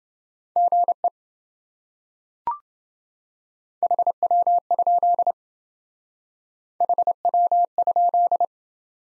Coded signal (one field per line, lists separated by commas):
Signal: Morse code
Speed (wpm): 27 wpm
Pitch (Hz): 700 Hz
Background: none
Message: GE HW? HW?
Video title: Top 20 QSO Elements - Speed-Racing - 20wpm